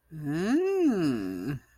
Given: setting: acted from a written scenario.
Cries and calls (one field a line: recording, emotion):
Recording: vocal sound without words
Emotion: desire